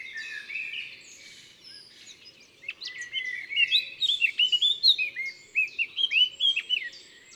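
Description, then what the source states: Common blackbird alarm calls: sharp, high notes that build into a rapid run of repeated calls in the second half. Alarm calls recorded in the Drôme, France.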